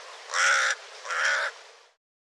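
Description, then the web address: Bird: a pair of hoarse caws, close together, over faint background hiss. "cianscape birddata Deverinetal 2025 Bird Co Co Co Co"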